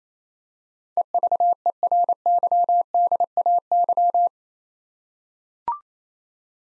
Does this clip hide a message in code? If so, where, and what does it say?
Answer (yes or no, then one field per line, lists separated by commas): yes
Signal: Morse code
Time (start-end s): 1.0-4.3 s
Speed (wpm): 28 wpm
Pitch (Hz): 700 Hz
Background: none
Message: EVERYDAY